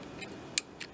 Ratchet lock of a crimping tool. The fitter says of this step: three as tight as you can get it you see it's locked now isn't